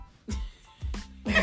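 Three quick, partly stifled bursts of breathy noise with a voiced catch: an adult's held-back sneeze, suppressed while trying not to sneeze, in a small room.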